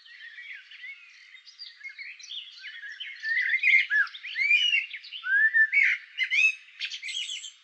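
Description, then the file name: Common blackbird warbling song, dense and varied, with fluty downslurred notes mixed with sharp high twitters, growing louder midway. "Turdus merula"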